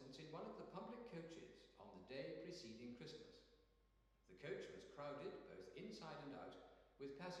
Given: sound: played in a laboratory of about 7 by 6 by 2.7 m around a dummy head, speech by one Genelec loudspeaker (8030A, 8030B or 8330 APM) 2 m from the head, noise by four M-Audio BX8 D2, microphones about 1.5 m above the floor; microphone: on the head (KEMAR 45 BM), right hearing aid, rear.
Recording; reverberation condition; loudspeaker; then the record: male speech in English; high; 120 degrees to the right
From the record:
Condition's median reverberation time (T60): about 1300 ms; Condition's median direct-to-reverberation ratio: about -4.0 dB